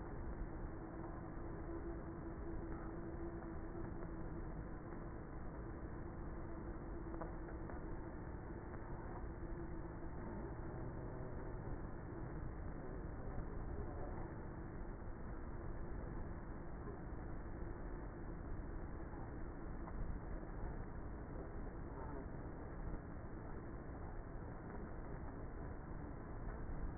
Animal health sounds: honeybee colony, microphone inside the hive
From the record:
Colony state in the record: queenless with a low population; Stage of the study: before two queens were removed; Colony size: about 30,000 bees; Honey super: no

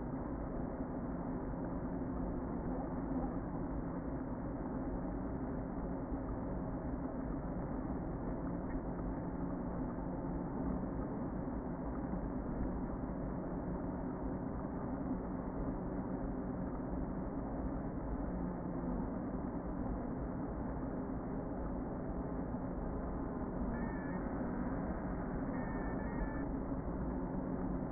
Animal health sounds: honeybee colony, microphone inside the hive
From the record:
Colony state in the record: queen present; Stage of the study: before two queens were removed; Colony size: about 60,000 bees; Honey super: yes

